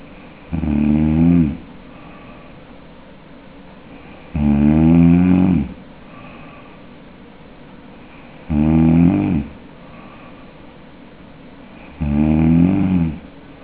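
Four loud, low, fluttering snores about every four seconds, roughly 16 a minute, each lasting about a second with quiet breathing in between. The rattling vibration is palatal snoring, produced by the soft palate fluttering in the airway during sleep.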